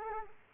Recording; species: mosquito wingbeat signal from an infrared sensor; Culex quinquefasciatus